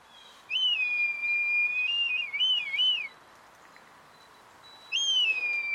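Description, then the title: Red kite giving a drawn-out whistled call that rises, holds, then breaks into a wavering, quavering trill; a second whistle starts near the end. "rotmilan"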